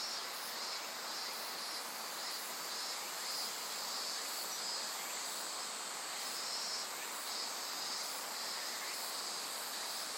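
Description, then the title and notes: Insects keep up a continuous high-pitched trilling chorus. Various insects calling in a dense forest beside the Azusa River, Shinano River system, Shinshu. "信州、川の森の音. 信濃川水系、梓川へやってきました。 川のそばには木々が生い茂る森があり、いろんな虫たちの声を聴くことができました。"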